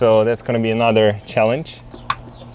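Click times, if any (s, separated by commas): 2.1 s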